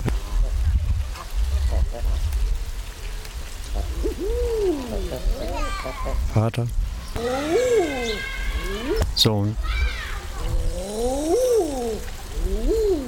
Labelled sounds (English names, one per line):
Common Eider courtship call